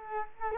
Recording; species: mosquito wingbeat signal from an infrared sensor; Culex quinquefasciatus